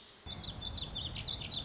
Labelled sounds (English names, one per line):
Warbling Vireo